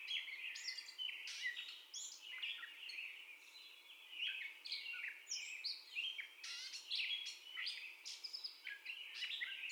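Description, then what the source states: Gray catbird singing a long, varied medley of scratchy notes, mews and sharp squeaks, phrases tumbling one after another with hardly a gap. First song, recorded 30 May 2021.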